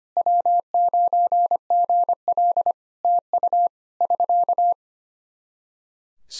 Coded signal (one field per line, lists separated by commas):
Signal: Morse code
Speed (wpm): 25 wpm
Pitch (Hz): 700 Hz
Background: none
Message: W9GL TU <SK>